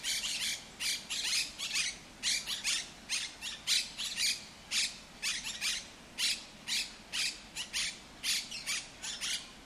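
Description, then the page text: Monk parakeet giving loud, grating squawks in uneven clusters, steady chatter throughout with no long pauses. In El Retiro park, Madrid, Spain; Madrid holds Europe's largest Monk Parakeet population. "Cities and Memory - remixing the world. Monk parakeets in Madrid. Madrid has the greatest population of Monk Parakeets in Europe, many of whom can be seen and heard in the El Retiro park"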